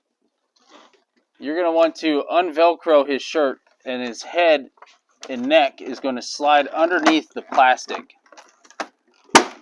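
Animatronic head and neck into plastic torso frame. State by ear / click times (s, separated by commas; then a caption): seated / 9.4 s. Someone talks while a Gemmy Jason Voorhees Friday the 13th animatronic (Lowes Halloween 2022) has its shirt unvelcroed and its head and neck slid underneath the plastic body shell. A loud, sharp plastic snap at 9.4 s marks the head and neck seating into the plastic torso frame, snapped firmly into place.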